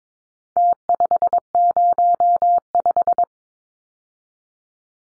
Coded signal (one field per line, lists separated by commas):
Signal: Morse code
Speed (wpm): 22 wpm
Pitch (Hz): 700 Hz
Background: none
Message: T505